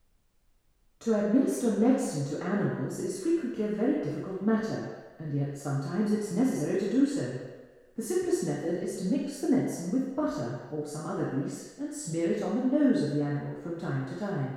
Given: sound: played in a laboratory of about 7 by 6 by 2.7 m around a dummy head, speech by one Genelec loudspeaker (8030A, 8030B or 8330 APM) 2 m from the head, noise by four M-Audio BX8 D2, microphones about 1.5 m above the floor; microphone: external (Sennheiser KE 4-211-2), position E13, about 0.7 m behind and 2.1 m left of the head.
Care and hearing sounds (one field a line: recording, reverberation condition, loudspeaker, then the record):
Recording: female speech in English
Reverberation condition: high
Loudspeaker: 90 degrees to the left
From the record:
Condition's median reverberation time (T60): about 1300 ms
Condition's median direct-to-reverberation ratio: about -4.0 dB